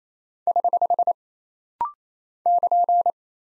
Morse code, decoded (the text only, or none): <HH> <KN>